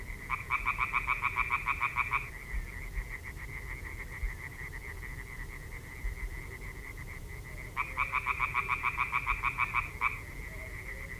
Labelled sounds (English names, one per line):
Common Tree Frog call